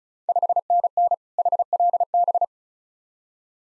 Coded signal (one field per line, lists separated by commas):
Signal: Morse code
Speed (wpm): 36 wpm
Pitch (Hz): 700 Hz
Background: none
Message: 5NN HLB